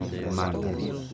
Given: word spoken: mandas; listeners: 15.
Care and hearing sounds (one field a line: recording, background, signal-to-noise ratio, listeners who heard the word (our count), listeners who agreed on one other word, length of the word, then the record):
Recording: one Spanish word in noise, from a listening test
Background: eight-talker babble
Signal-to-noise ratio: -1.2 dB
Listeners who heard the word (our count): 0 of 15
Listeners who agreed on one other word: 10 of 15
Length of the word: 0.73 s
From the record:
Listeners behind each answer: 10, 1, 1, 1, 1, 1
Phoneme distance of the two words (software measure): 10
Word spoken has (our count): 2 syllables, 6 phonemes, stress on syllable 1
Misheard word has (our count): 2 syllables, 6 phonemes, stress on syllable 1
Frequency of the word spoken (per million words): 1.04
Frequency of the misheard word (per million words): 5.38